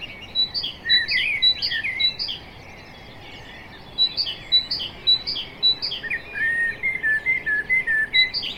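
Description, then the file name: Common blackbird warbling phrases among repeated high notes, broken by a short quiet gap, then more warbling and high notes over faint steady hiss. "Turdus merula"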